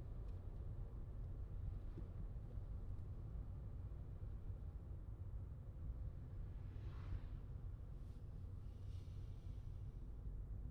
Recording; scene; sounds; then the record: everyday scene through a hearing-aid microphone; in a vehicle; engine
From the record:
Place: Skoda Fabia, gasoline engine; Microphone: in the ear canal, left